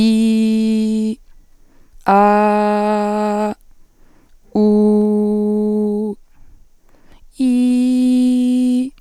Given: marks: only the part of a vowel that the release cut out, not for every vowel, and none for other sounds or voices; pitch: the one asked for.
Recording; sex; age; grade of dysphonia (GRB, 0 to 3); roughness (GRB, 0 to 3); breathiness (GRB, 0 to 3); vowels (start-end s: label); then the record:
sustained vowels; female; 20 to 29 years; 0; 0; 0
0.00-1.05 s: vowel /i/, normal pitch
2.17-3.45 s: vowel /a/, normal pitch
4.68-6.01 s: vowel /u/, normal pitch
7.50-8.73 s: vowel /i/, high pitch
From the record:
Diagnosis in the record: healthy voice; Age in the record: 22 years